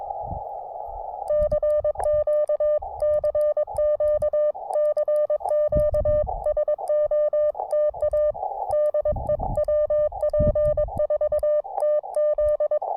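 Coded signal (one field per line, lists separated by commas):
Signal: Morse code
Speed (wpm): 22 wpm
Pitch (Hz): 600 Hz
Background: none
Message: CQ CQ CQ SOTA DE WP4TZ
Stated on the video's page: Morse code SOTA activations from two North Carolina summits along the Blue Ridge Parkway.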